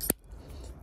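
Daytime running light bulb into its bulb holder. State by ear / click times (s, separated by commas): seated / 0.1 s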